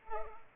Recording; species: mosquito wingbeat signal from an infrared sensor; Culex pipiens